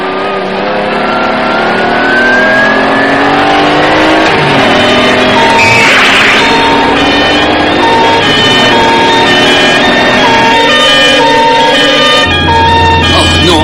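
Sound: police siren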